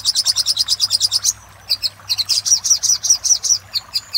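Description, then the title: Little spiderhunter giving quick, high, repeated chip notes, a fast steady run first, then a pause and a looser series of sharp chirps. For training cage birds. "Masteran Burung Sogok Ontong Labaik"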